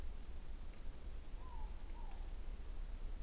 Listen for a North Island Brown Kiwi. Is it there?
no